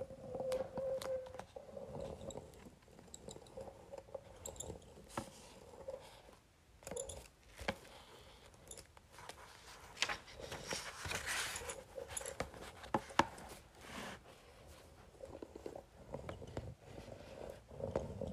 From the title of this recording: Facial Roller on Paper